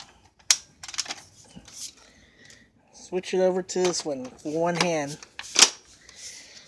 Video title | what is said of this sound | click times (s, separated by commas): Shark Rotator Powered Lift Away vs the Rotator Powered Lift Away Speed | and hear that click | 5.4 s